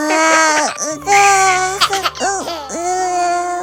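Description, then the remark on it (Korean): A baby girl cries in loud, wavering wails, a few sustained bursts broken by short catches of breath, the pitch bending up and down throughout. “놀랍게도 안에 있는 작은 여자아이는 평범한 크기의 아기로 변해 있었죠.”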